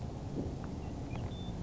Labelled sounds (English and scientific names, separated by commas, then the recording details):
Western Meadowlark (Sturnella neglecta)
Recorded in Sonoma County, California